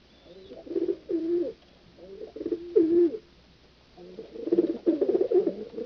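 Pigeon coos in short low gurgling phrases separated by brief gaps.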